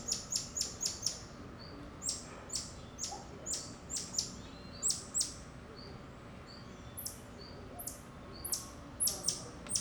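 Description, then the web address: Bird giving high, clipped chirps, quick at first, then spaced out with gaps of a second or more, against quiet outdoor background noise. Outdoor ambience in a suburb of Rio de Janeiro. "Monte Sound - Atmospheres of Rio de Janeiro AMB External Rio Subburb Birds Dogs Monkeys"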